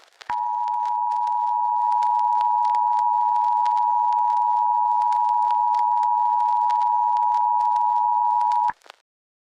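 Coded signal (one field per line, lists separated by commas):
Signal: Emergency Alert System (SAME) tones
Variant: 853 and 960 Hz attention tone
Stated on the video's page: Fictional alert scenario made with app-based editing and narrator voice software.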